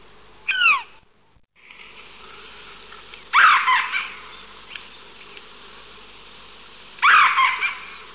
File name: owlet-nightjar australian